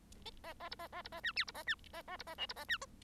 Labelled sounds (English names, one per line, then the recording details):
Bengalese Finch song
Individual Bird1